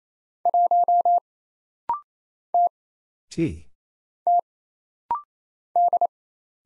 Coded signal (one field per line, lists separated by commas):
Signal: Morse code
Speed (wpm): 27 wpm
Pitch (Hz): 700 Hz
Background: none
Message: 1 T T D